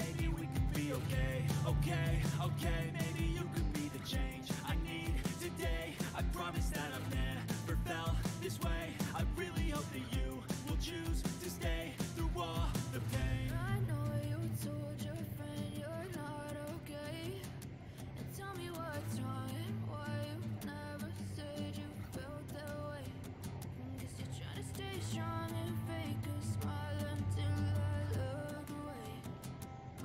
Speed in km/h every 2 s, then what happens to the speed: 98, 99, 99, 99, 98, 97, 97, 97, 96, 96, 96, 97, 97, 98, 98.
0-30 steady at about 97.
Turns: none.